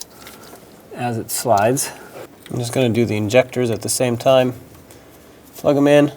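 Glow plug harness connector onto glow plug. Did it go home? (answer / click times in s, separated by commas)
yes / 0.0 s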